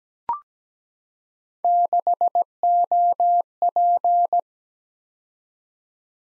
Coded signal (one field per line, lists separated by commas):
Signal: Morse code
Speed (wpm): 17 wpm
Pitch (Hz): 700 Hz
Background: none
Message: 6OP